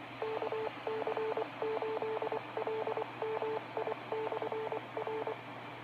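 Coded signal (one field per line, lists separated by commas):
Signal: Morse code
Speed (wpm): 24 wpm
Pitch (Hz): 440 Hz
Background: radio noise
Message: KC8LMI/R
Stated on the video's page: Tones from a 446.150 repeater system.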